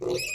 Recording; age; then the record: pig call; weaner (32 to 43 days)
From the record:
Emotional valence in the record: negative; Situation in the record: short isolation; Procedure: open field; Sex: female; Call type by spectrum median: low-frequency call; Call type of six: mixed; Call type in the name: high-frequency modulated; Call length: 0.35 s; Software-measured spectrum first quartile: 400 Hz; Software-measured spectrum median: 1491 Hz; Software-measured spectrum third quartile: 4082 Hz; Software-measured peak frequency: 372 Hz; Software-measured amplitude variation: 121 dB a second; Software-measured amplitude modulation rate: 24.3 a second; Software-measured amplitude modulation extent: 5.0 dB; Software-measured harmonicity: 8.8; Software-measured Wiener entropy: -4.25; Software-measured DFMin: 1558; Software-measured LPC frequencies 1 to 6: 425, 2524, 3875, 5103, 5854, 7531 Hz